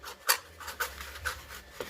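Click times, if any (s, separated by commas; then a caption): 0.3 s. A plastic gate piece is pushed into its frame/base while assembling a cardboard/plastic race-course gate for the Mario Kart Live Home Circuit toy RC kart set. Soft handling rustles surround a sharp, bright snap at 0.3 s, with a fainter tap near 1.8 s. The gate snaps into place and is seated.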